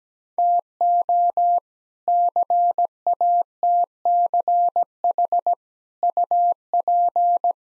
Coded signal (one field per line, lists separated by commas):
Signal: Morse code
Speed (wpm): 17 wpm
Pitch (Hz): 700 Hz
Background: none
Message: TO CATCH UP